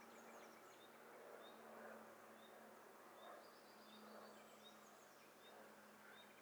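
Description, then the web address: Birds, several calling at once: faint, short high whistles repeating through a steady hiss and a low continuous hum. "Hi Fi STEREO BIRD COCKTAIL PARTY Challenge"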